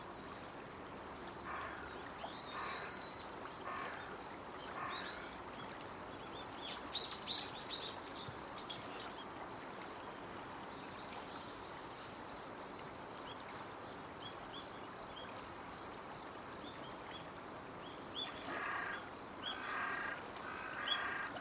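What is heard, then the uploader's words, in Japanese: Birds call in short chirping bursts over a steady rushing river, with brighter clusters of calls near seven seconds and again after eighteen. 川霧よ今朝もありがとう。川から湯気のように霧が流れ出していて、 その間を鳥たちが楽しそうにくぐり抜けていました。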